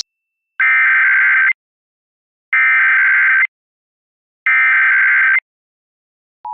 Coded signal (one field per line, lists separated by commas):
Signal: Emergency Alert System (SAME) tones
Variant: header bursts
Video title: EAS During BFDI (5-5-18 WGAC-DT1) (ERROR)